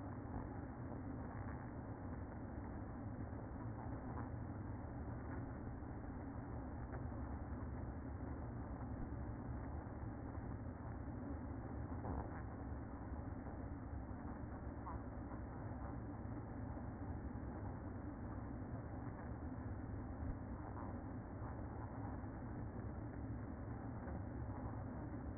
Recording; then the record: honeybee colony, microphone inside the hive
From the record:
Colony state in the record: queen present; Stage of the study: after two queens were removed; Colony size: about 60,000 bees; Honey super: yes